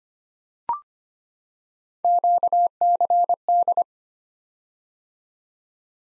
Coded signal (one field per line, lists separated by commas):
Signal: Morse code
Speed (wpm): 25 wpm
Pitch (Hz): 700 Hz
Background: none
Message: QCD